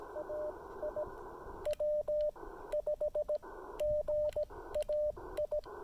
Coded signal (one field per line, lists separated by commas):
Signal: Morse code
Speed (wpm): 17 wpm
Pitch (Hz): 600 Hz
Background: radio noise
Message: AI W5GAI